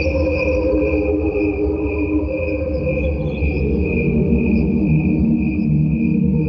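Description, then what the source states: Slowed crickets make an eerie layered drone, a bright steady upper tone and wavering lower tones over a dense pulsing base. Crickets slowed down electronically, heard together with crickets at normal speed; the slowed crickets sound like angels underwater.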